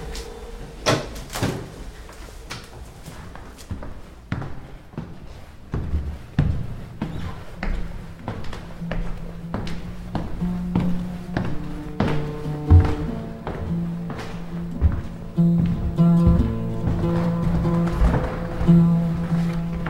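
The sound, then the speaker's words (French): A green door opens with a knock and clunk, then a steady run of heavy, thudding footsteps climbs a staircase in a hotel, the repeated thumps continuing over a low droning hum toward the end. “Vous prenez la porte verte, là. Il y a les escaliers.”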